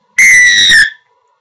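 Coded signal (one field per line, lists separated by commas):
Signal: whistle signal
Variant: rugby referee whistle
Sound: one loud, shrill referee whistle blast lasting about two-thirds of a second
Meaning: A long, loud whistle awards a free kick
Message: 1 long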